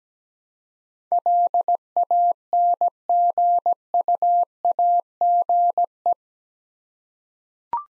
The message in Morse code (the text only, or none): LANGUAGE